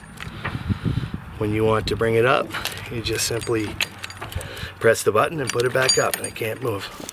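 The metal folding handle of a ratchet load binder is pressed at its button and folded down, snapping into place with a single sharp hit at 0.2 s, so the handle is locked. Someone talks through most of the clip, and a quick cluster of short sharp sounds follows around 4.0–4.4 s.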